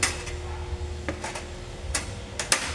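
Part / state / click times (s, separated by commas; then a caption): rear I/O shield into PC case / seated / 2.5 s. A metal rear I/O shield is pressed into a PC case opening a little at a time, giving a series of short sharp metallic taps and snaps. It clicks into place at 2.5 s and is seated.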